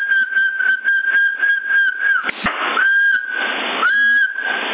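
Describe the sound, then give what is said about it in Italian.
A steady, high-pitched whistle is held into a CB radio microphone on channel 10 in Sassari, peaking at about 8 watts, dipping briefly and returning, with a bright, band-limited tone over a hissy, crackling channel with no talk. “Sì, perché con i picchi avevo 8 watt anche io, quando fischio.”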